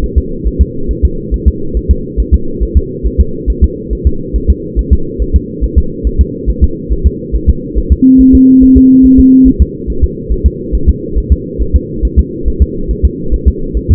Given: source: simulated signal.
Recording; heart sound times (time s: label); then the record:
fetal heart sounds
0.04 s: S1
0.18 s: S2
0.47 s: S1
0.61 s: S2
0.91 s: S1
1.05 s: S2
1.34 s: S1
1.48 s: S2
1.77 s: S1
1.91 s: S2
2.20 s: S1
2.34 s: S2
2.63 s: S1
2.77 s: S2
3.06 s: S1
3.21 s: S2
3.50 s: S1
3.64 s: S2
3.93 s: S1
4.07 s: S2
4.36 s: S1
4.50 s: S2
4.79 s: S1
4.93 s: S2
5.22 s: S1
5.36 s: S2
5.64 s: S1
5.78 s: S2
6.07 s: S1
6.21 s: S2
6.50 s: S1
6.64 s: S2
6.92 s: S1
7.07 s: S2
7.35 s: S1
7.50 s: S2
7.78 s: S1
7.92 s: S2
8.21 s: S1
8.35 s: S2
8.63 s: S1
8.78 s: S2
9.05 s: S1
9.20 s: S2
9.48 s: S1
9.62 s: S2
9.90 s: S1
10.04 s: S2
10.32 s: S1
10.46 s: S2
10.75 s: S1
10.89 s: S2
11.18 s: S1
11.32 s: S2
11.62 s: S1
11.76 s: S2
12.05 s: S1
12.19 s: S2
12.48 s: S1
12.62 s: S2
12.91 s: S1
13.05 s: S2
13.34 s: S1
13.48 s: S2
13.77 s: S1
13.91 s: S2
From the record:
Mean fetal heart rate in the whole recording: 140 bpm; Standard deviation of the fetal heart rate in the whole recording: 2 bpm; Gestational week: 34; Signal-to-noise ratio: -8.1 dB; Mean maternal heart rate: 72 bpm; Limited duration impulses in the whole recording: present